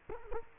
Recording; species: mosquito wingbeat signal from an infrared sensor; Culex quinquefasciatus